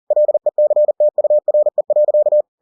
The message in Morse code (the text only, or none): LECTURE.